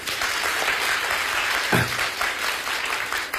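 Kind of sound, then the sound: crowd, audience applause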